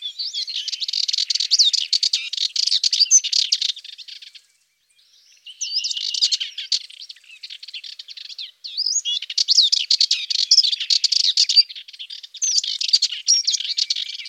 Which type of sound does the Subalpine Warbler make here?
song